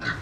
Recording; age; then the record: pig call; growing-finishing pig (85 days or more)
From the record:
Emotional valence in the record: positive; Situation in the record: run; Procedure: transit